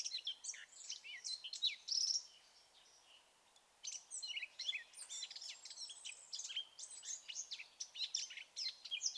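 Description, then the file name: Eurasian blackcap warbling, a loud phrase of high whistled and chattering notes, a brief lull, then a long run of varied warbled notes. "Sylvia atricapilla"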